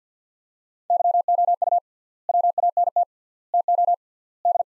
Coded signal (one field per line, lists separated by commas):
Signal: Morse code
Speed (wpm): 48 wpm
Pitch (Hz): 700 Hz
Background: none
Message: YOU WANT TO D